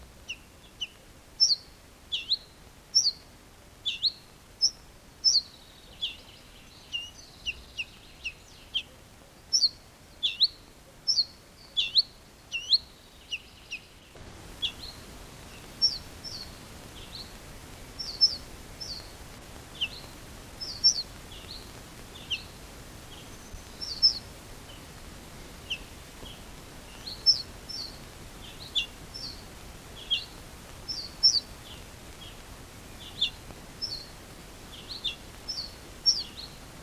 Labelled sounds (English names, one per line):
Ortolan Bunting alarm call